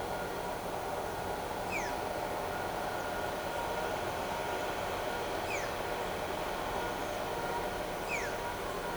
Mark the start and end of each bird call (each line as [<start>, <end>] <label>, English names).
[1.67, 1.96] Black-chested Jay
[5.47, 5.71] Black-chested Jay
[8.07, 8.36] Black-chested Jay